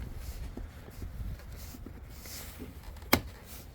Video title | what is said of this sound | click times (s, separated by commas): Journey of The M2: EP. 3. Mirror Caps | Make sure you hear all the clicks. | 3.1 s